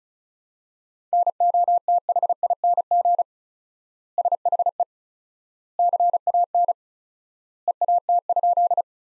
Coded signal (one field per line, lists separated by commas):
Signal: Morse code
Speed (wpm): 36 wpm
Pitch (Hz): 700 Hz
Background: none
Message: NOTHING SHE CAN EAT?